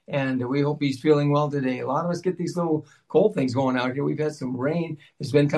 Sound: none

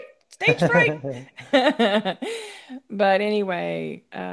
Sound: laughs

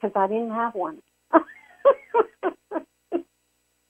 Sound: laughs

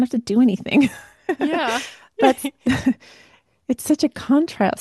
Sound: laughs

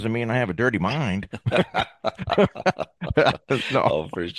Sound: laughs

